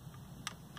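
A click-type torque wrench tightens a spark plug into the cylinder head of a 2013–2018 Ford EcoBoost 1.6 GTDI engine. Over a quiet background, a single sharp, bright click sounds at 0.5 s as the wrench reaches its set torque, confirming the plug is torqued.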